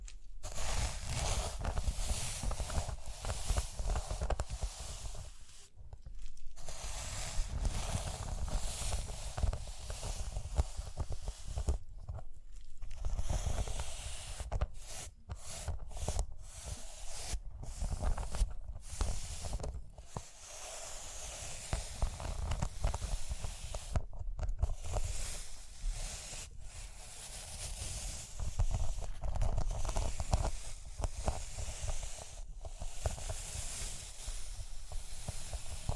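Rhinestones are tapped, scratched and brushed in a dense, continuous stream of tiny clicks and rustles, bright and crisp with a soft low rumble underneath. Short pauses break the texture around 6, 12, 15 to 20 and 24 seconds, with scattered quick taps between.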